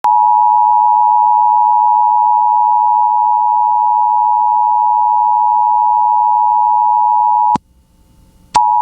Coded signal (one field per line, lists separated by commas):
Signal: Emergency Alert System (SAME) tones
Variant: 853 and 960 Hz attention tone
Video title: (EAS #28) Oklahoma SEVERE THUNDERSTORM WARNING on KALT-FM